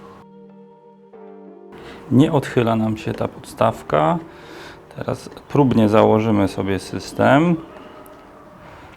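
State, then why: Seated. A Noeci GoCom4 motorcycle intercom unit is test-fitted onto its plastic base bracket on the side of a Shoei Neotec 3 modular helmet; the bracket is not yet tightened fully because it may still shift slightly. After brief music, someone talks, and the unit snaps home with a single short click at 8.1 s, fully seated.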